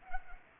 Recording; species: mosquito wingbeat signal from an infrared sensor; Culex pipiens